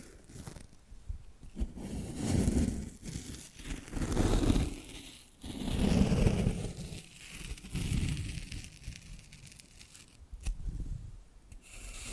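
Tapping and scratching sounds come in repeated swells, each lasting a second or two, with rough, grainy scraping and low thumps. Surges peak around 2, 4.5, 6, 8 and 10 seconds, separated by quieter moments, and sharp clicks break through now and then.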